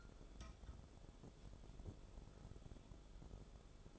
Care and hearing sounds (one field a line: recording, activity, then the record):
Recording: daily activity, microphone in the room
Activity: take from stove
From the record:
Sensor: 5